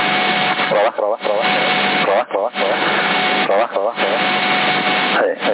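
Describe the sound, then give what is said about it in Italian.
A voice comes through a hissy, band-limited CB radio channel in Sassari while the echo effect is being tested. Its short fragments repeat in echoing bursts over a steady static hum, loud throughout. “Stavo vedendo che c'era l'autoascolto inserito qua, sentivo un po' lì la mia voce, adesso la sento di più, vediamo un po', sì, vediamo cosa succede, così se l'eco funziona sempre. Oh, eccolo, eccolo, eccolo.”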